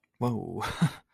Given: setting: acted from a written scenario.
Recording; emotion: vocal sound without words; fear